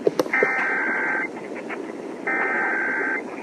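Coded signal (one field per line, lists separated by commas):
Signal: Emergency Alert System (SAME) tones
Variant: header bursts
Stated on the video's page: EAS alerts from every US state, captured via live stream or in person.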